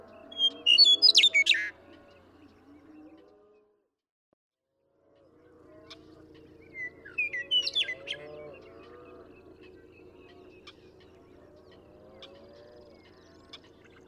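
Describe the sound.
Western meadowlark song, a quick jumble of loud, sharp high notes, heard twice about six seconds apart, with a soft chorus of lower, burbling calls continuing underneath.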